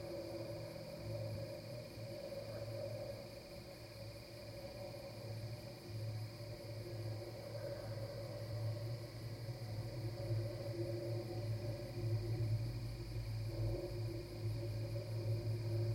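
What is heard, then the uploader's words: Crickets and insects at a wood's edge keep up an unbroken, even drone, with a thin high trill sitting above a brighter steady tone. Underneath runs a constant low rumble and hum, like traffic or machinery, with no distinct events throughout. The microphone is moving through the array of crickets and insects at the edge of a Massachusetts wood - static point source sounds thus become spatially animated. This base is superimposed with sounds of street traffic, re-recorded through the tube /membrane resonator of a drum.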